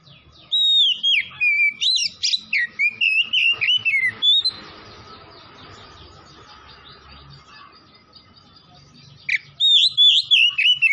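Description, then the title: Oriental magpie-robin singing a long, varied run of rapid whistled and slurred notes, then a pause, then another lively phrase. Oriental magpie-robin (kacer) from Tretes, singing vigorously (gacor). "Kacer Tretes Gacor"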